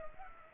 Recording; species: mosquito wingbeat signal from an infrared sensor; Culex pipiens